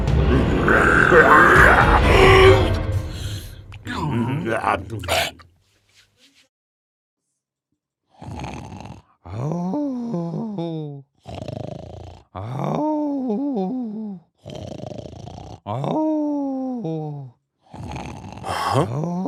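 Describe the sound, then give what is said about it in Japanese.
After a short burst of dense noise, a voice imitates loud snoring: about six drawn-out, groaning snores with wavering pitch, each separated by a brief pause in a steady rhythm, presented as the grandmother's snoring in an audio fairy tale. “おばあさん、なんて大きないびきをかいているんだ。”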